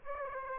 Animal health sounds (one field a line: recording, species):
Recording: mosquito wingbeat signal from an infrared sensor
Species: Aedes aegypti